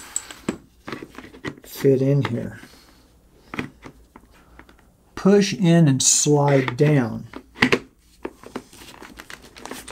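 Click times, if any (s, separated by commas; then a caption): none. A plastic Brake Free helmet safety light is pushed in and slid down onto its mount on a motorcycle helmet while someone talks, with crinkling and light plastic taps and scrapes throughout. Nothing has seated or clicked yet by the end.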